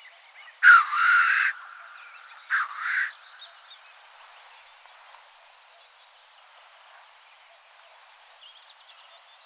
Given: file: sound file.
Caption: Representative recording of black grouse hissing call from Finland.